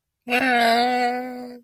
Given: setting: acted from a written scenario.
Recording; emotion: vocal sound without words; sadness